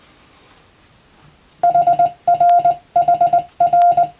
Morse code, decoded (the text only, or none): HRHR